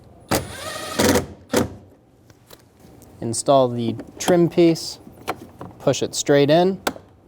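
Someone talks while a plastic interior door handle trim piece for a 2011-2014 Hyundai Sonata is handled and readied to be pushed straight into the interior door panel, with a few faint brief ticks between the words. Nothing has seated or clicked into place yet.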